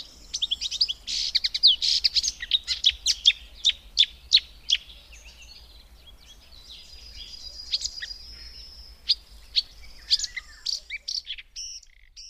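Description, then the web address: Marsh warbler song, a burst of fast mixed chirps and trills, a quieter buzzy stretch, then further scattered sharp notes. "agykontroll Madardalok Cd 2. Énekes nádiposzáta"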